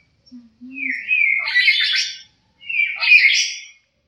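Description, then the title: Black-capped lory calls: two loud, harsh, buzzy squawks, the first drawn out and rising, the second shorter, with a faint low note at the start. "Nuri kepala hitam"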